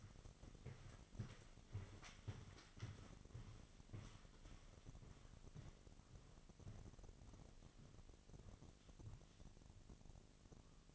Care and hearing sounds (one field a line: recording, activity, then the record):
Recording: daily activity, microphone in the room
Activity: walk to room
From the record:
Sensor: 4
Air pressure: 1000.4 hPa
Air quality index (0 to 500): 211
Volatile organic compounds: 21 ppm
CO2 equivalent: 2731 ppm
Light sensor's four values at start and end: 9/20/8/7 and 9/21/8/8